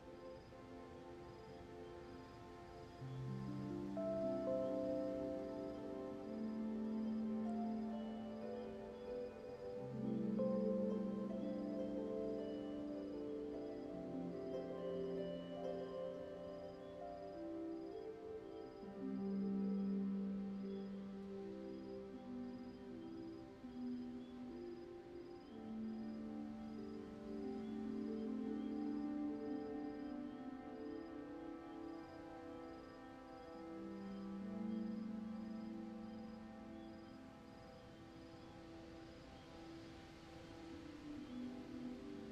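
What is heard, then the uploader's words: A spooky fairground, heard as slow, droning organ-like music. Long held chords sit low and shift every few seconds, swelling and fading gently across the whole stretch, with a faint, thin whine high above and no sharp or percussive sounds. A spooky fairground on a midsummer's evening.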